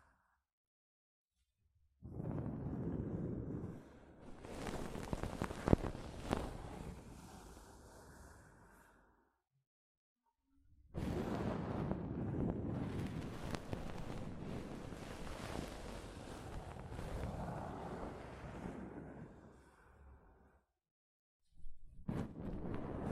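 Soft fabric brushes against a microphone in two long bursts, from about 2 to 9 seconds and 11 to 20 seconds, with a shorter one starting near 22 seconds. The rubbing is a dense, rumbling swish with sharper scratchy spikes, separated by near silence.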